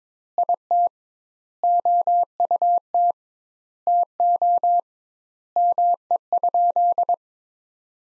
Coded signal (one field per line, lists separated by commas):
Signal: Morse code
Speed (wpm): 22 wpm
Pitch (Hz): 700 Hz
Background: none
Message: IT OUT TO ME?